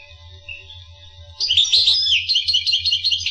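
Finch song beginning after a quiet second with a burst of fast twittering, warbled notes that continue to the end, over a low hum.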